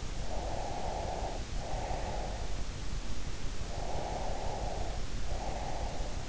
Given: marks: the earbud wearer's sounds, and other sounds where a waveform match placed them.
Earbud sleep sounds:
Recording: sounds in sleep by an in-ear microphone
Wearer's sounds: breath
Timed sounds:
0.21-2.60 s: breath
3.73-6.29 s: breath

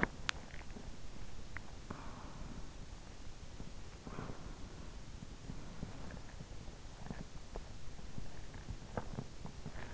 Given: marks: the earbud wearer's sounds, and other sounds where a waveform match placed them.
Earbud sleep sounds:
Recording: sounds in sleep by an in-ear microphone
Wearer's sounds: swallowing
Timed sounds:
0.00-2.11 s: swallowing

